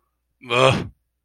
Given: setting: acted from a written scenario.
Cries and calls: vocal sound without words; guilt

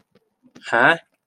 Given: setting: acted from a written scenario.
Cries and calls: vocal sound without words; confusion

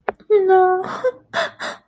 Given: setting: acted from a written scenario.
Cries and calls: vocal sound without words; sadness

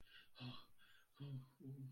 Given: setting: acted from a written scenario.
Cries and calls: vocal sound without words; distress

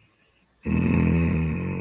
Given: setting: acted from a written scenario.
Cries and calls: vocal sound without words; contentment

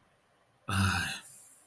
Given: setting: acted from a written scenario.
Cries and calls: vocal sound without words; shame

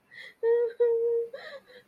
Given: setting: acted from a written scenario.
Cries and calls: vocal sound without words; sadness

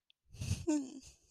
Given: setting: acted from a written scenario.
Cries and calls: vocal sound without words; embarrassment

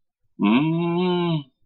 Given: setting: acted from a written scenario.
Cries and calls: vocal sound without words; embarrassment

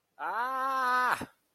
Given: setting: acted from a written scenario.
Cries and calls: vocal sound without words; pain

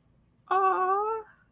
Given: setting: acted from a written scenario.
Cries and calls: vocal sound without words; adoration

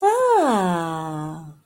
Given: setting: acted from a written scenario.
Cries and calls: vocal sound without words; realization

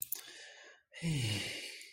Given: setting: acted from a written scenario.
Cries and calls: vocal sound without words; sympathy

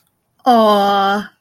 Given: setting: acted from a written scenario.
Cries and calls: vocal sound without words; adoration

